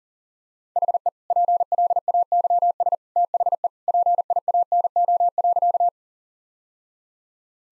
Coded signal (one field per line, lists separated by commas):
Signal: Morse code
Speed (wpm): 37 wpm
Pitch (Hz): 700 Hz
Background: none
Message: HE PLAYS THE PIANO.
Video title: Easy Sentences with Hints - 40wpm